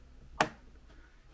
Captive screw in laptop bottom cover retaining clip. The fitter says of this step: a retaining clip you can kind of hear it hear that click because that screw won't come all the way out